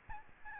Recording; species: mosquito wingbeat signal from an infrared sensor; Aedes albopictus